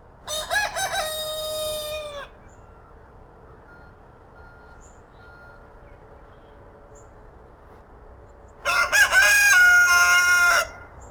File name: roosters